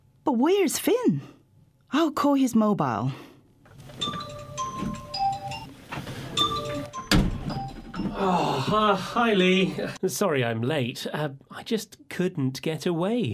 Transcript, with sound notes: But where's Finn? I'll call his mobile.
(phone ringing as comes in breathless) Hi Li. Sorry I'm late. I just couldn't get away.